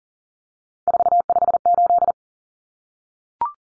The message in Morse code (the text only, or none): 458